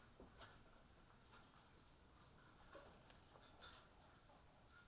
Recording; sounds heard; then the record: poultry house recording; healthy chickens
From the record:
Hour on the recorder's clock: 18